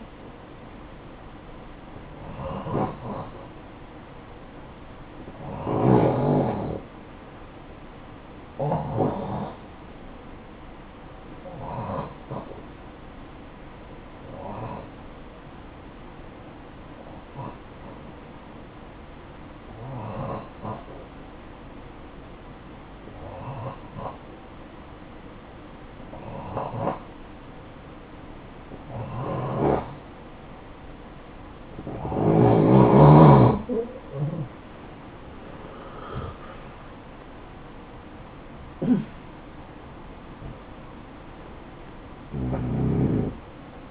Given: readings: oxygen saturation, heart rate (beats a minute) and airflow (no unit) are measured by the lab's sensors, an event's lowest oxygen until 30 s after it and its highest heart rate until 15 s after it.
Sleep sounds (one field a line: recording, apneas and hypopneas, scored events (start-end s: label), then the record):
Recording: breathing in sleep by a voice recorder at the bedside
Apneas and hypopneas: 1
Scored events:
12.00-33.30 s: hypopnea (N2, oxygen 91% highest, then 89% lowest, heart rate 55 at the start, 77 highest)
27.00-43.91 s: new sleep stage, N1 (lightest sleep)
From the record:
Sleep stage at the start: N2 (light sleep)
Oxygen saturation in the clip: 89 to 91%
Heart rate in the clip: 51 to 75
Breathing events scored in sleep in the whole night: 573 in 9.8 hours asleep